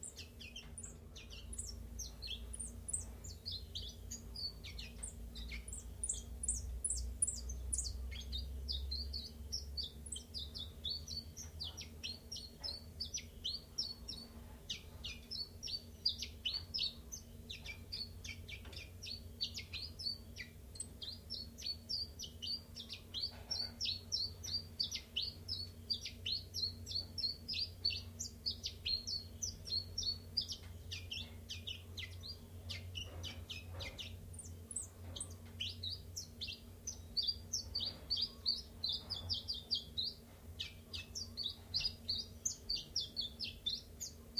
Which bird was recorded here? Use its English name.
Common Chiffchaff